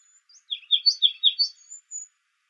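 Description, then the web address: Ruby-crowned kinglet giving a short burst of high, quick chirps, about six clipped notes, ending with a faint thin whistle. Recorded in Arizona. "Kinglets RCKI 061704. deviche"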